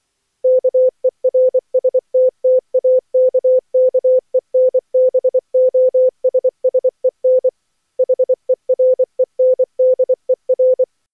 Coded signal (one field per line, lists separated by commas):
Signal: Morse code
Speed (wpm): 20 wpm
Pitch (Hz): 510 Hz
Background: none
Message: KERSTTAKKEN BOSSEN HEREN DER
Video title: Daily Minutes, December 25, 2015, without the Contestia